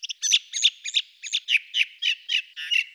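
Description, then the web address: Ring ouzel giving a harsh, clattering chatter of about ten rapid, scratchy notes, each roughly a third of a second apart, steady in pitch. Recorded in Slovenia. "Turdus torquatus"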